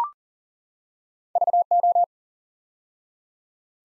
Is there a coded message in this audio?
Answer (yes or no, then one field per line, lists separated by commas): yes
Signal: Morse code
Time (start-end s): 1.4-2.0 s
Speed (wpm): 38 wpm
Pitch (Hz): 700 Hz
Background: none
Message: VO